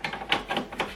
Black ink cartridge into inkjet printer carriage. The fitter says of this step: push it upwards and you hear click sound just make sure you check